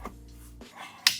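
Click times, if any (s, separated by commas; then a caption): 1.1 s. The fence rail extension on a Metabo HPT cordless table saw is flipped over and slid out along the saw's rail so it sits level with the table for wider rips. A brief soft sliding sound comes first, then a sharp click at 1.1 s as the extension locks into place.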